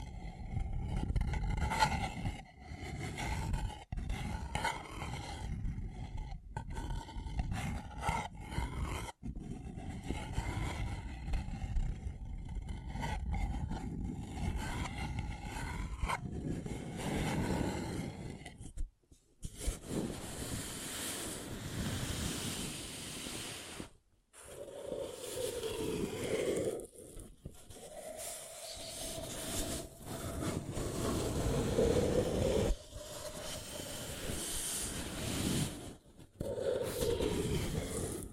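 A paper cup is handled in continuous crinkly, scratchy rustling with rough low rumbles and brief sharp cuts. Around 19 and 24 seconds the sound nearly drops out, and the later part turns brighter and more hissing, with squeaky tones sliding through.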